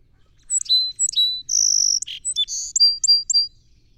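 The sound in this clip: Song sparrow song with two slurred introductory notes, a sustained high buzz, a harsh burst, then a short trill of repeated notes.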